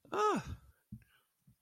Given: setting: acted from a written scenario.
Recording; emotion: vocal sound without words; elation